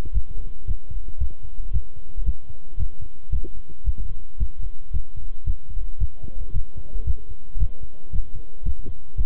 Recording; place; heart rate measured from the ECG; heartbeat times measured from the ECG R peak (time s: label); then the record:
heart sounds by stethoscope; between the tricuspid and mitral areas; 113 bpm
0.14 s: heartbeat
0.67 s: heartbeat
1.20 s: heartbeat
1.73 s: heartbeat
2.26 s: heartbeat
2.79 s: heartbeat
3.32 s: heartbeat
3.86 s: heartbeat
4.39 s: heartbeat
4.93 s: heartbeat
5.46 s: heartbeat
6.00 s: heartbeat
6.54 s: heartbeat
7.06 s: heartbeat
7.60 s: heartbeat
8.12 s: heartbeat
8.65 s: heartbeat
9.17 s: heartbeat
From the record:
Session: walking at 3.7 km/h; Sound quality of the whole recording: good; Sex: male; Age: 25 years